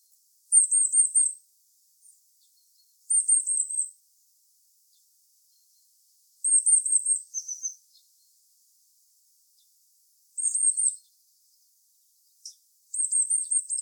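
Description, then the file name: Eurasian blue tit calling with short, very high trilled bursts repeated every few seconds, one ending in lower notes. "Cyanistes caeruleus"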